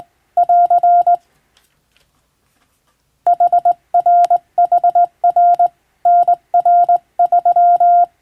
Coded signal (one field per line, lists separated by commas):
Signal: Morse code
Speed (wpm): 21 wpm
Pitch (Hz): 700 Hz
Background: none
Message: <AR> HRHR NR3